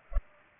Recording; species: mosquito wingbeat signal from an infrared sensor; Culex pipiens